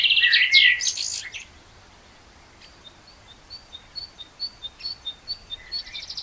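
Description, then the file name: Common blackbird song: a short, loud twittering flourish at the start, then a steady series of thin high chips, about three a second, from another bird. "Turdus merula"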